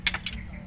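A tool is pushed into the slot of a plastic wireless doorbell push-button remote (IP44) and pried forward until its snap-fit cover clicks open at 0.1 s, releasing the case. Two more sharp plastic knocks follow at about 0.1 and 0.3 s as the part falls, then a quiet low hum remains.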